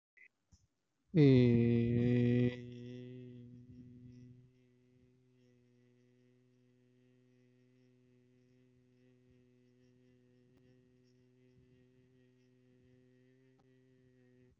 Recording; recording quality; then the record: sustained vowel as in made; excellent, no background noise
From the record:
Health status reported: healthy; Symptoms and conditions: none ticked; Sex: male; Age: 20 years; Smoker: not ticked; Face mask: not worn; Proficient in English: yes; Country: India